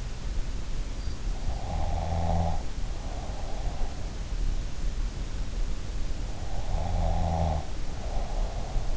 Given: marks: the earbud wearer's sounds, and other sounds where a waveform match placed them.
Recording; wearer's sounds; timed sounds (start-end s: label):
sounds in sleep by an in-ear microphone; snoring breath
1.30-3.90 s: snoring breath
6.59-8.97 s: snoring breath